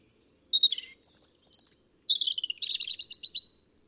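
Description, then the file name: European robin song: a high, thin phrase of clear whistled notes and quick jingling trills, some sliding downward, lasting about three seconds, with no other sounds. "Erithacus rubecula"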